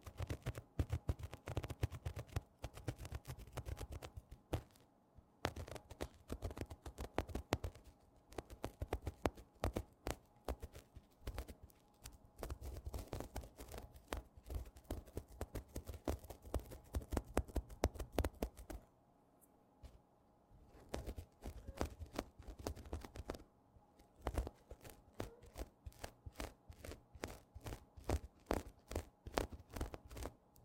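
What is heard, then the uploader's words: Rapid, dense scratching on tapestry cushions, a rough crackling rasp in quick bursts with brief pauses near 5, 19 and 21 seconds. TimASMR-Mini-Scratching on Tapestry Cushions in Macro (NO TALKING).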